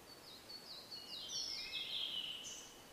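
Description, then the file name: Blue-and-white flycatcher song, soft high whistled phrases that slide and drop, over a steady background hiss. "oruri"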